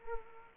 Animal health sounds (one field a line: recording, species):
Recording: mosquito wingbeat signal from an infrared sensor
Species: Culex quinquefasciatus